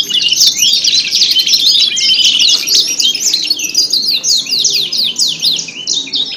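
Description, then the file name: Canary song, fast chattering trills with repeated descending strokes in a busy unbroken stream. Simulated canary singing-contest audio with isian (tutor or fill-in songs). "audio simulasi lomba kenari isian. omkicau"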